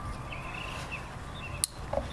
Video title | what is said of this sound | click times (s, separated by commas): 2014 Ford SVT Raptor - Replacing All Corner & Marker Lights | Make sure it clicks. | 1.6 s